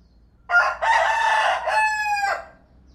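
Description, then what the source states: Chicken: rooster giving one full crow, a brief opening note followed by a long harsh drawn-out phrase that drops away at the end, quiet otherwise. Rooster (male).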